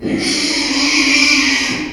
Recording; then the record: squeal of a Yucatan mini pig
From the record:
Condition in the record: after surgery on the right vocal fold (resection and tissue-engineered implant); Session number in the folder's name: 2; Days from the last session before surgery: 13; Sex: male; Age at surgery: 12 weeks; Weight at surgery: 13 kg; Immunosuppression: cyclosporine, prednisolone